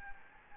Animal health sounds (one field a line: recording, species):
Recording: mosquito wingbeat signal from an infrared sensor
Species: Anopheles gambiae